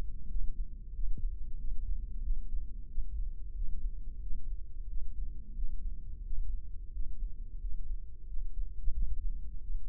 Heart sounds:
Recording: heart sounds by microphone in the left ear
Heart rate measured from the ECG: 90 bpm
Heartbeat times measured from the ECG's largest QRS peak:
0.32 s: heartbeat
0.96 s: heartbeat
1.60 s: heartbeat
2.25 s: heartbeat
2.91 s: heartbeat
3.57 s: heartbeat
4.24 s: heartbeat
4.90 s: heartbeat
5.57 s: heartbeat
6.26 s: heartbeat
6.95 s: heartbeat
7.62 s: heartbeat
8.29 s: heartbeat
8.96 s: heartbeat
9.63 s: heartbeat
From the record:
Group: healthy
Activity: rest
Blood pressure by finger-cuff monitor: 139/82 mmHg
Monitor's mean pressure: 101 mmHg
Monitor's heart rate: 90 bpm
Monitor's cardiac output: 7.8 L/min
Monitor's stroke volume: 86 mL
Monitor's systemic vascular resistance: 970 dyn s/cm5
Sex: male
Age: 21 years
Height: 175 cm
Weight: 72.6 kg

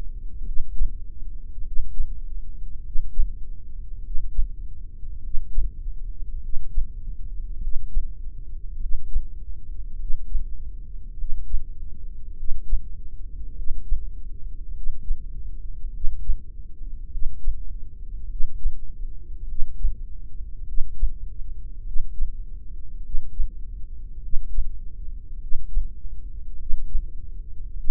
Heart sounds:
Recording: heart sounds by microphone in the left ear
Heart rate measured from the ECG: 51 bpm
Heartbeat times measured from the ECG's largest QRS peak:
0.46 s: heartbeat
1.65 s: heartbeat
2.84 s: heartbeat
4.03 s: heartbeat
5.22 s: heartbeat
6.41 s: heartbeat
7.60 s: heartbeat
8.79 s: heartbeat
9.98 s: heartbeat
11.17 s: heartbeat
12.36 s: heartbeat
13.55 s: heartbeat
14.74 s: heartbeat
15.92 s: heartbeat
17.10 s: heartbeat
18.28 s: heartbeat
19.47 s: heartbeat
20.65 s: heartbeat
21.84 s: heartbeat
23.02 s: heartbeat
24.21 s: heartbeat
25.39 s: heartbeat
26.57 s: heartbeat
27.75 s: heartbeat
From the record:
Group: heart failure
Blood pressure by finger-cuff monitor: 93/54 mmHg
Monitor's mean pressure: 63 mmHg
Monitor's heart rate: 50 bpm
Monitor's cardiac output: 3.5 L/min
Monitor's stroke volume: 70 mL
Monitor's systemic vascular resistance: 1300 dyn s/cm5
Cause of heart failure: cardiac sarcoid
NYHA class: 1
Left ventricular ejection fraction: 39%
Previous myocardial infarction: absent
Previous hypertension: absent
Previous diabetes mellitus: absent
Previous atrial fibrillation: present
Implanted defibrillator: present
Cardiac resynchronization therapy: absent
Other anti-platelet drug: absent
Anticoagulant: apixaban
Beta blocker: carvedilol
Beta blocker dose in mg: 50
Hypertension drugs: ramipril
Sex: male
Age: 79 years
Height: 184 cm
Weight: 92.5 kg

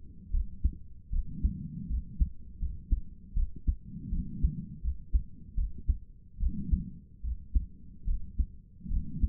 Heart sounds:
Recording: heart sounds by stethoscope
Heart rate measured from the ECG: 77 bpm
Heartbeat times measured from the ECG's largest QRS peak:
0.32 s: heartbeat
1.11 s: heartbeat
1.89 s: heartbeat
2.60 s: heartbeat
3.35 s: heartbeat
4.11 s: heartbeat
4.82 s: heartbeat
5.56 s: heartbeat
6.39 s: heartbeat
7.23 s: heartbeat
8.06 s: heartbeat
8.89 s: heartbeat
From the record:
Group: healthy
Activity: cold pressor test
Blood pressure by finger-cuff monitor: 72/48 mmHg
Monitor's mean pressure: 57 mmHg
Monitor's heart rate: 77 bpm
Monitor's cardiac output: 6.4 L/min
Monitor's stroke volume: 83 mL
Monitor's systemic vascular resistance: 620 dyn s/cm5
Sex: female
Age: 22 years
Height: 163 cm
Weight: 67.1 kg

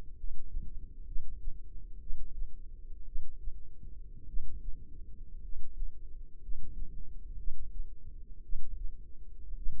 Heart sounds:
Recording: heart sounds by microphone in the left ear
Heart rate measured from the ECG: 57 bpm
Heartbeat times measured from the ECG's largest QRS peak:
0.14 s: heartbeat
1.04 s: heartbeat
1.98 s: heartbeat
3.04 s: heartbeat
4.25 s: heartbeat
5.40 s: heartbeat
6.39 s: heartbeat
7.35 s: heartbeat
8.41 s: heartbeat
9.54 s: heartbeat
From the record:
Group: healthy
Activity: cold pressor test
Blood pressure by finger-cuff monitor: 129/55 mmHg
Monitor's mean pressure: 80 mmHg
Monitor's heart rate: 57 bpm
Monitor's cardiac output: 6.7 L/min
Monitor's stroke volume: 113 mL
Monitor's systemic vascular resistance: 870 dyn s/cm5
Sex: male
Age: 25 years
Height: 170 cm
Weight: 70.4 kg

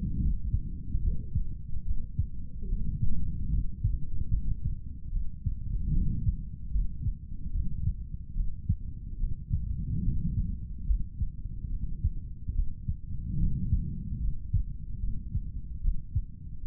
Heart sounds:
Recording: heart sounds by stethoscope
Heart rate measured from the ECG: 73 bpm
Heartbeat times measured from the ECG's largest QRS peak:
0.20 s: heartbeat
1.01 s: heartbeat
1.85 s: heartbeat
2.68 s: heartbeat
3.50 s: heartbeat
4.31 s: heartbeat
5.11 s: heartbeat
5.92 s: heartbeat
6.72 s: heartbeat
7.52 s: heartbeat
8.35 s: heartbeat
9.19 s: heartbeat
10.03 s: heartbeat
10.86 s: heartbeat
11.70 s: heartbeat
12.54 s: heartbeat
13.38 s: heartbeat
14.20 s: heartbeat
15.00 s: heartbeat
15.81 s: heartbeat
16.62 s: heartbeat
From the record:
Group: healthy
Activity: cold pressor test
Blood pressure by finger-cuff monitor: 101/64 mmHg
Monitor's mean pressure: 76 mmHg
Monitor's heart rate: 73 bpm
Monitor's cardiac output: 3.8 L/min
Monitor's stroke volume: 52 mL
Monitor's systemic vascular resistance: 1440 dyn s/cm5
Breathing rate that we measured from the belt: 17 breaths a minute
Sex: male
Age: 55 years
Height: 167 cm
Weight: 57.2 kg

